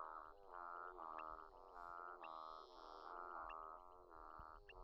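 Physalaemus centralis frog calls: drawn-out, harmonic, whining notes repeated in quick succession, with a faint high tone.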